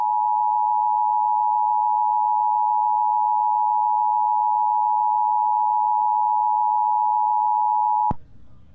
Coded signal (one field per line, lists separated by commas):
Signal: Emergency Alert System (SAME) tones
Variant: 853 and 960 Hz attention tone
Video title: EAS Tornado Warning North Texas (Denton, Texas) WBAP-AM Dallas, TX +WeatherSTAR4000